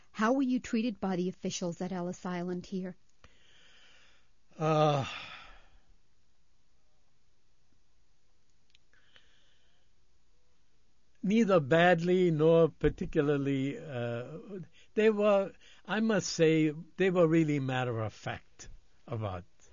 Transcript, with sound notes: How were you treated by the officials at Ellis Island here?
Ah, (long pause) neither badly nor particularly, ah, they were, I must say they were really matter of fact about